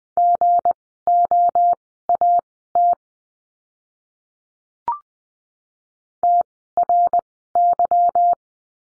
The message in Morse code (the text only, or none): GOAT TRY